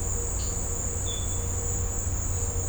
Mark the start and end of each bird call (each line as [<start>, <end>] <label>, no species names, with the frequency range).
[0.39, 0.56] bird call (3.2-5.3 kHz)
[1.04, 1.46] bird call (3.0-4.0 kHz)